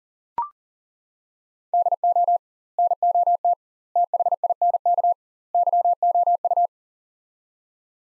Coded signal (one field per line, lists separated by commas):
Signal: Morse code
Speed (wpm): 40 wpm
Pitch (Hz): 700 Hz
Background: none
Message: DO NOT THINK YOU